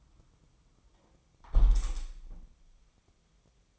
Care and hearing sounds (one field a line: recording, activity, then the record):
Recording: daily activity, microphone in the room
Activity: close window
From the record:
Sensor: 1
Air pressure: 1004.7 hPa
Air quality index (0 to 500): 115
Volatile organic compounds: 4 ppm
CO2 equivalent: 1597 ppm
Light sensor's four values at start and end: 8/21/8/9 and 8/20/8/8